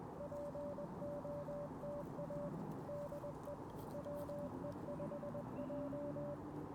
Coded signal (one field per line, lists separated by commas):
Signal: Morse code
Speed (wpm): 21 wpm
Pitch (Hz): 580 Hz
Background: none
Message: POTA DE WE5J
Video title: 1 Watt CW POTA Challenge! KX2 and AX-1... Failure!